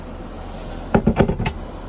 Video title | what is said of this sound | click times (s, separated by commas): Virtual Walkthrough for the 2023 Palomino Real-Lite SS-1609 Truck Camper at Parkland RV Center | clicks into place | 1.0 s, 1.5 s